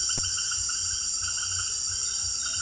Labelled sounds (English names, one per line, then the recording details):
none
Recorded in secondary vegetation near Puerto Asís, Putumayo, Colombia, on 29 June 2025
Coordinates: 0.488, -76.319
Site G094